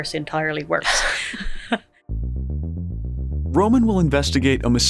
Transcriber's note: laughs